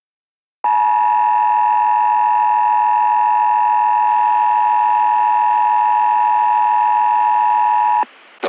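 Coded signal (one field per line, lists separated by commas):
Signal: Emergency Alert System (SAME) tones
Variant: 853 and 960 Hz attention tone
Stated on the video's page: Fictional analog-horror EAS alert tones themed on Black Mesa.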